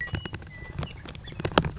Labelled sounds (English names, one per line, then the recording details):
Western Meadowlark
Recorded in Sonoma County, California